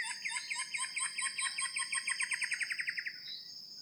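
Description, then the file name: Common paradise kingfisher giving a fast chattering series of harsh, even notes for about three seconds, fading at the end, over a steady high whine. "suara cekakak pita biasa"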